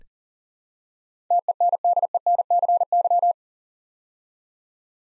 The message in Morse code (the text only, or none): TENDENCY